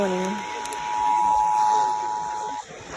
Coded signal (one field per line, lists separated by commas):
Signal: Emergency Alert System (SAME) tones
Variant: 853 and 960 Hz attention tone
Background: speech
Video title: Last Georgia RMT of 2022 + NWR Weeklys (EAS #610-628)